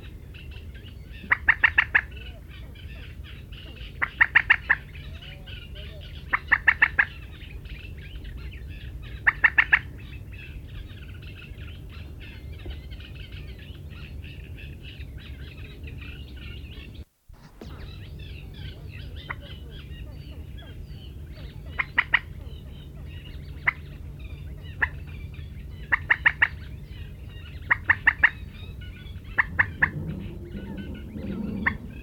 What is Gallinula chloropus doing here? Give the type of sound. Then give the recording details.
call. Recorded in the wild. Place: Retgendorf, Mecklenburg-Vorpommern, DE. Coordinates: 53.729, 11.504. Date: 1972-06-17. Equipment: Nagra III BH, Sennheiser MD 21, parabola. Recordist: Schubert, Michael